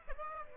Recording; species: mosquito wingbeat signal from an infrared sensor; Aedes aegypti